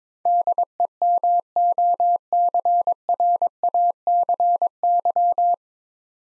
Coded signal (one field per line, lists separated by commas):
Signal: Morse code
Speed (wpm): 22 wpm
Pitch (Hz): 700 Hz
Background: none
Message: DEMOCRACY